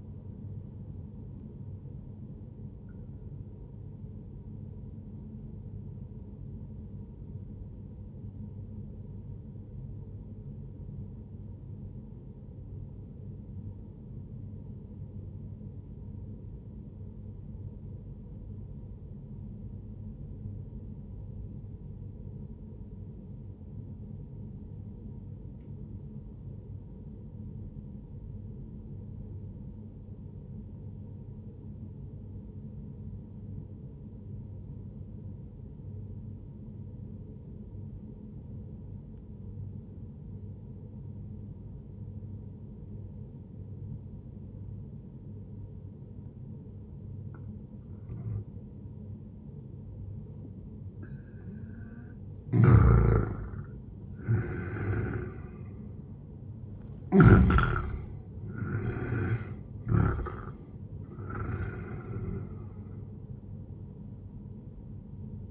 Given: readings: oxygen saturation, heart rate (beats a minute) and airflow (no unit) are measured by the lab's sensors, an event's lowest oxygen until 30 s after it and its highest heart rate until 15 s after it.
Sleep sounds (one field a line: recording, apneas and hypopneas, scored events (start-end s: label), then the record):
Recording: breathing in sleep by a smartphone at the bedside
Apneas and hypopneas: 1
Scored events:
8.00-51.90 s: obstructive apnea (N1, oxygen 97% highest, then 90% lowest, heart rate 65 at the start, 78 highest)
24.00-54.00 s: new sleep stage, N2 (light sleep)
54.00-65.51 s: new sleep stage, N1 (lightest sleep)
From the record:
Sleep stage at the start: N1 (lightest sleep)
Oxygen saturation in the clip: 89 to 97%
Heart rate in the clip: 58 to 78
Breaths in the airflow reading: 4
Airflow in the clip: -11.7 to 13.3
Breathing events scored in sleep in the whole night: 131 in 7.2 hours asleep